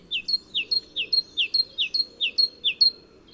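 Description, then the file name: Great tit song: about seven evenly spaced two-note phrases, a lower falling note and a higher one, delivered rapidly without pause. "Parus major"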